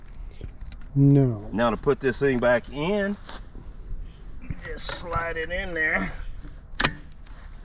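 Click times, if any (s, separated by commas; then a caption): 6.8 s, 6.9 s. Someone talks while the removable battery pack of an Aventon Aventure e-bike is pushed back into its frame mount, with a few soft handling taps along the way. The battery latches with a sharp double snap at 6.8 s and 6.9 s, fully seated in the frame.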